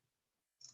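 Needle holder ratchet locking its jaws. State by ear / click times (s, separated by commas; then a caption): seated / 0.7 s. A metal needle holder is closed so its ratchet locks its jaws shut. After near silence, a sharp metallic click sounds at 0.6 s, and the ratchet seats.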